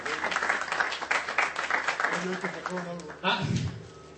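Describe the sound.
An audience breaks into applause, a dense, steady patter of many hands clapping for several seconds, with some voices mixed in as the clapping thins toward the end.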